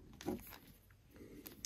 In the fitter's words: just like that popped right in